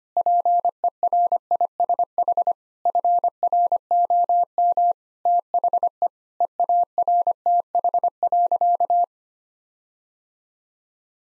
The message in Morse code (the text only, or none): PERISH FROM THE EARTH.